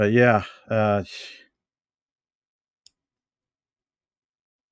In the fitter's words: it folds down clicks into place